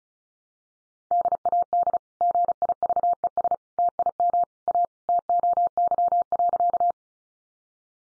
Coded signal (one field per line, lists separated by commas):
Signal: Morse code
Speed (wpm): 34 wpm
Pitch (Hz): 700 Hz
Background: none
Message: DAD GIVES TIM A TOY.